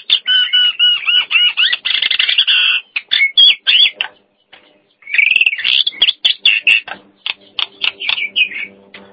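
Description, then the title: Nias hill myna vocalising with rapid, chattering, harsh notes and slurred whistles in two bursts separated by a short pause; a low hum sounds near the end. "Jalak Nias"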